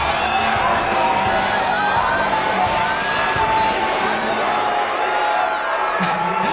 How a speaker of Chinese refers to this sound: 好，掌声欢迎我们的魔术师王杰希上台。